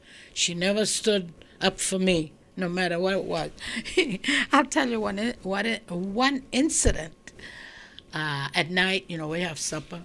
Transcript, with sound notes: She never stood up for me no matter what it was. ( she laughs ) I'll tell you one incident. At night, you know, we have supper.